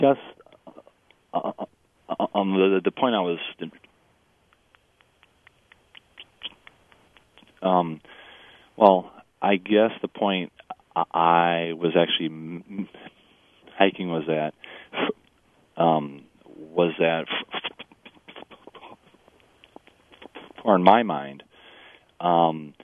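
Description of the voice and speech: An adult man who stutters, answering a caller: his speech shows silent blocks and long pauses between words, with prolonged sounds and restarted phrases, typical of stuttering.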